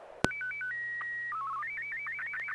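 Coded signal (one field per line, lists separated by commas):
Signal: SSTV (slow-scan television)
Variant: Martin 1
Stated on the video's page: SSTV net on an FM repeater at 441.300 MHz.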